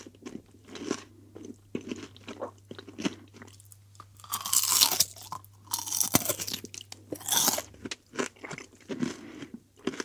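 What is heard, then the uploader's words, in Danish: Crisp bacon is crunched close to the microphone in repeated sharp bites, with a brighter crackling burst around five seconds over a low steady hum. Nyd den intense – nærmest hypnotiserende – lyd af sprød bacon, der knases for åben mikrofon.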